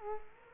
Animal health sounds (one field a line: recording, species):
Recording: mosquito wingbeat signal from an infrared sensor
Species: Culex quinquefasciatus